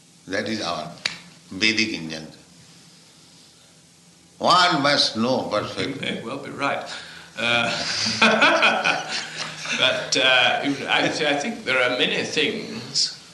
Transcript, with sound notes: That is our Vedic injunction. One must know perfectly.
You may well be right. [laughter] But actually, I think there are many things